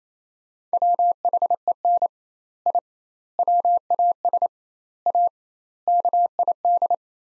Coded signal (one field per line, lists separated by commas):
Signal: Morse code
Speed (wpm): 27 wpm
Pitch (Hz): 700 Hz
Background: none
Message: WHEN I WAS A KID